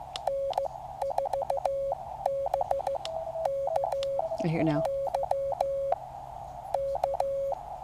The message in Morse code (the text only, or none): N4BKY K